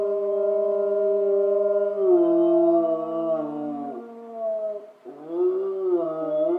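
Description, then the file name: Wolf howls, a long steady tone that bends lower, breaks briefly, then rises again into a wavering howl. Wolves recorded in Schorfheide, Germany, on 29 October 2015. "Wölfe Schorfheide 151029"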